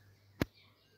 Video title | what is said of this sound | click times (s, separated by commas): LA VÂNZARE PRIMUL MOTOR urmează Suzuki GS500 E 🏍💥 | se aude aici un cric | 0.4 s